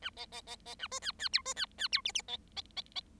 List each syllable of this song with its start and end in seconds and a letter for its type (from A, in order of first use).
0.02-0.10 A, 0.17-0.26 B, 0.32-0.41 B, 0.47-0.56 B, 0.66-0.75 B, 0.79-0.87 A, 0.91-0.99 C, 1.02-1.12 D, 1.19-1.29 D, 1.33-1.42 E, 1.45-1.54 C, 1.56-1.66 D, 1.78-1.88 D, 1.92-2.01 E, 2.05-2.12 F, 2.14-2.22 F, 2.28-2.37 B, 2.56-2.61 B, 2.76-2.81 B, 2.95-3.01 B